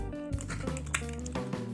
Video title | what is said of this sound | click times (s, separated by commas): SDCC 五面怪審判場景組合包 胡服騎射的變形金剛分享時間1284集 TRANSFORMERS OFFICIAL War for Cybertron Trilogy QUINTESSON PIT O | 好，嗯，这样扣上去，再把它给放下来。 | 1.0 s